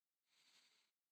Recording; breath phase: one breath near a microphone; inhalation